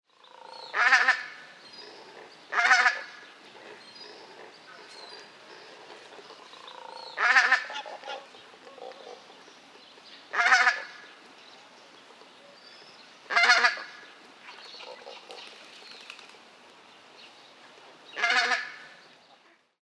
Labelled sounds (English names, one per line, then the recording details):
Pink-footed Goose
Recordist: Tembrock, Günter
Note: Rufe